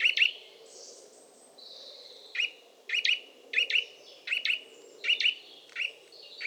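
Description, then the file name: Eurasian nuthatch call series, crisp paired notes in irregular bursts over a soft low hum. "Sitta europaea"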